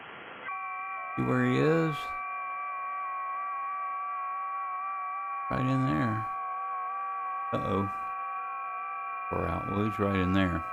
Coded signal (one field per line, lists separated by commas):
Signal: FT8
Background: speech